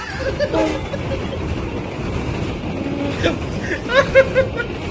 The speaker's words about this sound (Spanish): Se veía una luz brillar. ¡Corran, es un tren!